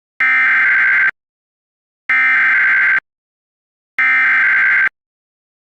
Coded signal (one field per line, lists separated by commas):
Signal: Emergency Alert System (SAME) tones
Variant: header bursts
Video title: EAS Scenario 10: Alternates